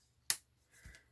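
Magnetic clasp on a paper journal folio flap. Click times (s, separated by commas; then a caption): 0.3 s. The flap of a handmade paper journal folio is closed so the magnet on the flap meets the magnet on the body. The magnetic clasp snaps shut with a sharp, bright snap at 0.3 s, followed by quieter low rustling from about 0.7 to 1.0 s. The closure seats shut.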